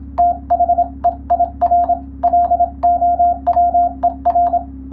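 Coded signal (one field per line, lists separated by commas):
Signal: Morse code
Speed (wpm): 25 wpm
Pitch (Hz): 700 Hz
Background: radio noise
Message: THEIR LOWER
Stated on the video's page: Morse sending and receiving practice for the Japanese radiotelegraph operator licence exam, using a European-language telegram practice book.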